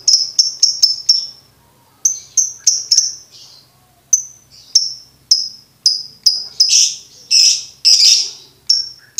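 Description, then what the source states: Lovebird calls: runs of shrill high chirps with short gaps, then a few louder harsh, grating bursts among the chirps near the end. Bird-tutoring (masteran) recording no. 2, played for birds to learn ngekek.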